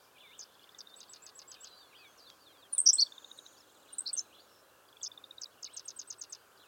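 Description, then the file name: Henslow's sparrow song: two brief, sharp, high phrases in the middle, amid quieter repeated high trills and buzzy notes. "Ammodramus henslowii - Henslow's Sparrow"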